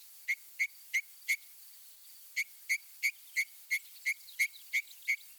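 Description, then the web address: Northern mockingbird song: a steady series of short, clear chip-like notes repeated about three times a second, with a brief pause midway. Mimicry in the song of the Northern mockingbird, from a birding-by-ear guide to eastern and central North America. "Birding by Ear, Eastern and Central North America - Peterson Guides. Mimics Northern Mockingbird"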